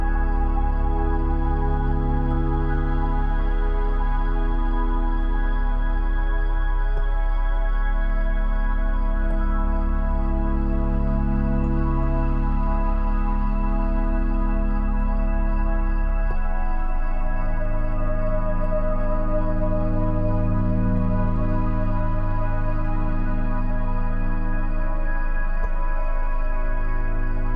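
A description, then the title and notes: Soft, sustained melodic tones hold steady chords with a low, warm drone underneath, shifting to a new chord about sixteen seconds in. A faint, high, pulsing chirp of crickets runs evenly through the background at a constant, gentle volume. Soft crickets and soothing melodies.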